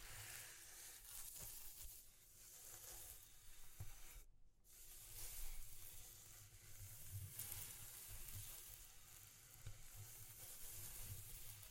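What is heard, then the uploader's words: ASMR texture sounds: a dense, crackling hiss fills the high range almost throughout, like sizzling or fine scratching, over a soft low rumble with small bumps. Near the four-second mark the hiss drops out briefly, then returns and swells again around five to six seconds. ASMR Exploring Textures (No Talking).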